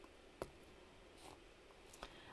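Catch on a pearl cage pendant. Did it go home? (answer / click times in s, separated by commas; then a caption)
released / 0.4 s. The small catch on a metal pearl cage pendant is carefully opened so the pearl can be swapped, giving a sharp, faint click at 0.4 s, followed by two softer ticks around 1.9 and 2.0 s. The catch releases and the cage opens.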